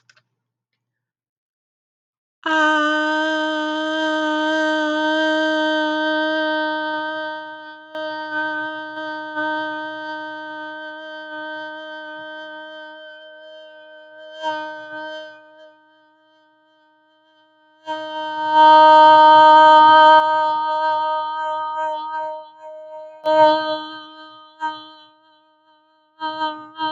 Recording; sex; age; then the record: vowel held as long as possible; female; 30 to 39 years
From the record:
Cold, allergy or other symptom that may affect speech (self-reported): no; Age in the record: 37 years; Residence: Louisiana, United States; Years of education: 16